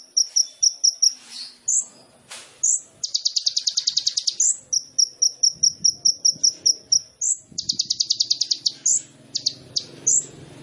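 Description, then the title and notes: Sunbird song of bright repeated chirps, runs of quick staccato notes and dense buzzy trill bursts, all very high-pitched and nearly unbroken. Indonesian masteran training recording of an actively singing (gacor) kolibri ninja, full of isian (song fill-ins) and tembakan (sharp burst phrases), intended as pancingan to stimulate other birds. "MASTERAN KOLIBRI NINJA TERBAIK FULL ISIAN DAN TEMBAKAN MEWAH COCOK BUAT PANCINGAN. Suara Burung Kolibri Ninja Gacor"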